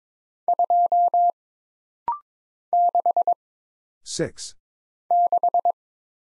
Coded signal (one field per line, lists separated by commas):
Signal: Morse code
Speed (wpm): 22 wpm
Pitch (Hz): 700 Hz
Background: none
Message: 2 6 6